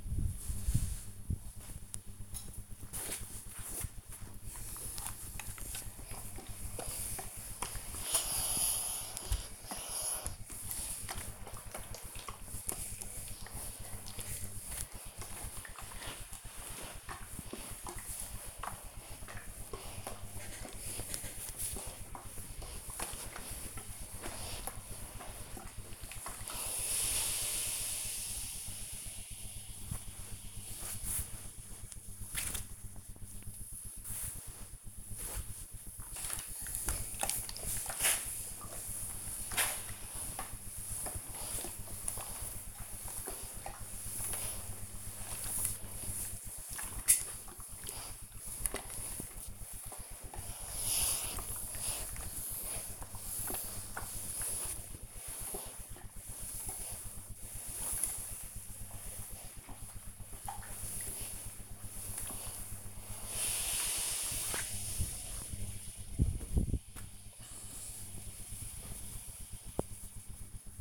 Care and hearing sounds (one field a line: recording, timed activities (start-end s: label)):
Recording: household activities, microphone on the right wrist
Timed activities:
0.00-70.81 s: ironing laundry